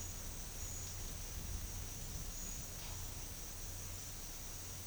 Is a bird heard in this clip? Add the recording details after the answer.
no. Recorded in dense forest near Puerto Asís, Putumayo, Colombia, on 9 March 2025 at 11:00. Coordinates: 0.484, -76.325. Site G045